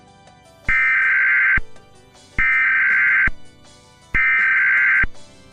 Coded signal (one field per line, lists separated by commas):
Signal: Emergency Alert System (SAME) tones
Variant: header bursts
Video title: YouTube Network 1-Year Anniversary ID & EAS (March 6, 2026 - YTN2005)